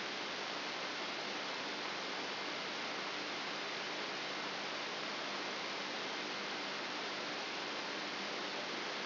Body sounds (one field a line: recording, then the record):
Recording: brain microelectrode recording played as sound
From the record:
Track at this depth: inside the subthalamic nucleus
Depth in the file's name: 4.302 mm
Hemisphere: left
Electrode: 3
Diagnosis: Parkinson's disease